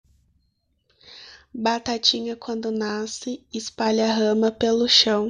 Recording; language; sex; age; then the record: short text; Brazilian Portuguese; female; 20 to 29 years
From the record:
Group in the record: control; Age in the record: 22 years